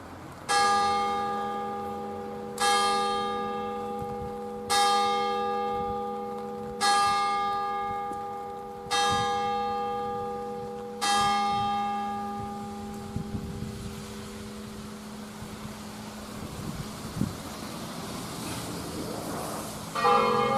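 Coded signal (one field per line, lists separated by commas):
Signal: bell signal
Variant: Friulian battiore ringing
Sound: church bell struck about every two seconds, ringing tones decaying, six strikes then one more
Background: outdoor ambience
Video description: Battiore e Dopli (dura 1 minuto e mezzo) delle 18:00 per la Messa delle 18:30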